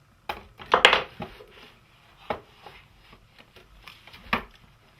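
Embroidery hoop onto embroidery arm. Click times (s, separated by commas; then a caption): 0.8 s. A plastic embroidery hoop is fitted onto the embroidery arm of a Brother PB6800 combo sewing machine. Short plastic knocks and taps sound as it is handled, with a sharp click at 0.9 s as it seats, followed by a few quieter bumps. The hoop snaps firmly into place.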